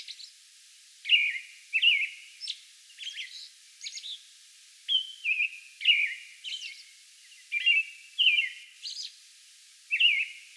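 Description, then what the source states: American robin caroling: whistled phrases, some held on a flat note, broken by sharp high squeaks and short pauses, with a faint hiss behind. Song bout recorded on May 11.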